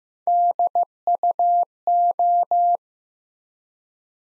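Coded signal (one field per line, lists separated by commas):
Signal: Morse code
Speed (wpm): 15 wpm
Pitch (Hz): 700 Hz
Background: none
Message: DUO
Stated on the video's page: Morse practice at 15 wpm: three-letter words sent one letter at a time, a beginner word-building drill for instant character recognition.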